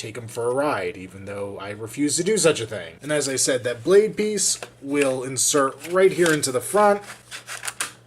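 Someone talks while the plastic blade piece of a NECA Predators Blade Fighter, a Kenner tribute Predator toy vehicle, is pushed into a socket at the front of the vehicle. It snaps in with a sharp click at 7.8 s, seating securely.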